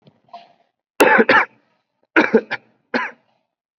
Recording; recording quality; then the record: heavy voluntary cough; excellent, no background noise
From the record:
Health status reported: COVID-19 positive, mild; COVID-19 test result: positive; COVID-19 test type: RT-PCR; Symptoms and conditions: cough, cold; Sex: male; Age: 22 years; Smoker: no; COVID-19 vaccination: one dose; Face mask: worn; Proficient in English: yes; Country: India